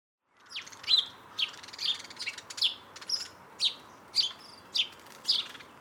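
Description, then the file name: House sparrow chirping, a series of short bright chirps repeated roughly every half second. "Passer domesticus"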